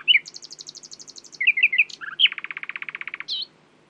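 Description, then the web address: Common nightingale singing a dense phrase: a high rapid trill, looping whistled notes, then a long burst of fast, evenly repeated churring notes and a final chirp. "owen Common Nightingale (Luscinia megarhynchos)"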